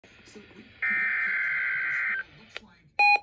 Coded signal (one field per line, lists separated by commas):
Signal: Emergency Alert System (SAME) tones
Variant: header bursts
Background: speech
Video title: EAS #390-394 FAILED Live Voice Weekly Test